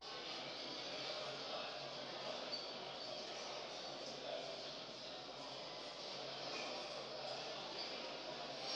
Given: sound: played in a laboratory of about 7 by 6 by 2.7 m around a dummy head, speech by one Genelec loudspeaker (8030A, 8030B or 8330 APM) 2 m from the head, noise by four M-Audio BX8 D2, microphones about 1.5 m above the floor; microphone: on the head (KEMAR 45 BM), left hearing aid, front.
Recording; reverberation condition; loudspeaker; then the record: cafeteria noise; high; four, about 170 cm from the corners of the room and facing them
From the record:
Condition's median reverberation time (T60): about 1300 ms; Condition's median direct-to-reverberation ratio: about -4.0 dB